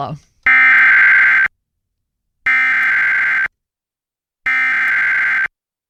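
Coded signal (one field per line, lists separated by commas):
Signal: Emergency Alert System (SAME) tones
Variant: header bursts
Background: speech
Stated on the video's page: Real severe thunderstorm and tornado warnings on an FM station that relays NOAA weather alerts live on air rather than directly.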